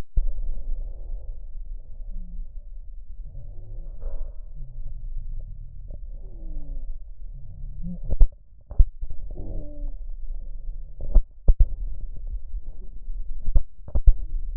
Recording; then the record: lung sounds by stethoscope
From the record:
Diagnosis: chronic bronchitis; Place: left posterior upper chest